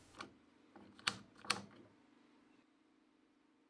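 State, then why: Seated. A new plastic release button is pushed into the seat belt buckle housing of a Volvo 850, 240, 940, 960, S40, V40 or some Saabs. Faint plastic ticks and rattles come first, then two sharp, loud clicks at 1.1 s and 1.5 s as the button seats in place, followed by a low steady hum.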